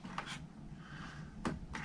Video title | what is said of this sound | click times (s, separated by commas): PS4 Cleaning and Teardown! (No Hard Drive? No Problem!) | so you get a little click. | 1.5 s